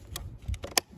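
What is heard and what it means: The plastic cover of an EGO 60 56-volt string trimmer head is lined up with the clips on the head housing and pressed down so it snaps into place on both sides. Light plastic taps and handling noises at about 0.2, 0.5 and 0.6 s lead to a sharp, bright snap at 0.8 s, the loudest sound in the clip. The cover is seated.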